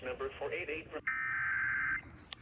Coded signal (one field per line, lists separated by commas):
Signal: Emergency Alert System (SAME) tones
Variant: header bursts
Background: speech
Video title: Severe weather warning eas alerts from 7/13/23 eas626-640￼